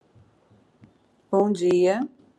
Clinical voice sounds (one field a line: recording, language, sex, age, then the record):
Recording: spoken sentence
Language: Brazilian Portuguese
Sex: female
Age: 40 to 49 years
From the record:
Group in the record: control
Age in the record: 47 years